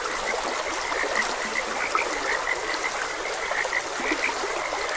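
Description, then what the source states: Frog croaks, short and bright, repeating steadily against a continuous babble of running water. Frogs croaking beside a gentle stream.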